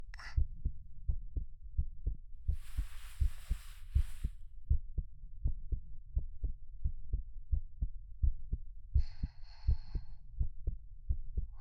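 Steady, soft low heartbeat thumps at about 80 per minute from an adult, heard close up, with brief bursts of rustling noise.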